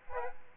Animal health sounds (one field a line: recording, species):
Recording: mosquito wingbeat signal from an infrared sensor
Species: Aedes aegypti